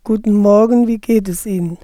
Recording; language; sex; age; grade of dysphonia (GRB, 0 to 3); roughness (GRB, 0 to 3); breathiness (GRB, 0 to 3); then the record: spoken sentence; German; female; 40 to 49 years; 2; 0; 2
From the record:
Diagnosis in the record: dysphonia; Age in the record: 46 years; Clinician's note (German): psychogene kompensierte Dysphonie bei Zustand nach Ödemabtragung